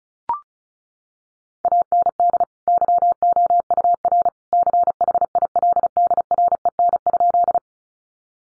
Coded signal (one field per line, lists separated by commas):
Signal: Morse code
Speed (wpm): 34 wpm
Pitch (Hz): 700 Hz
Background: none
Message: AND YOUR CHILDREN?